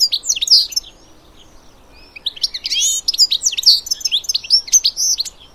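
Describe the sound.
Bird chattering with lively, high chirps and downslurred notes, a brief quiet gap, then a longer run of rapid varied chirps.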